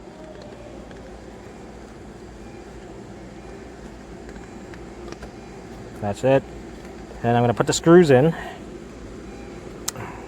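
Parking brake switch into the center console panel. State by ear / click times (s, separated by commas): seated / 9.9 s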